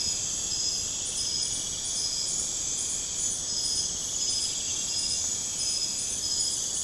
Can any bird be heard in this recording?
no